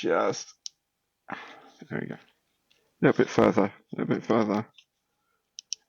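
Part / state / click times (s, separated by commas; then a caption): plastic model wing part into fuselage / seated / 5.6 s, 5.7 s. A plastic 1/72 Airfix Mustang (2024) model aircraft wing part is eased a little further onto the fuselage while someone talks. Two sharp clicks at 5.6 and 5.7 seconds mark the snap-fit wing seating into place.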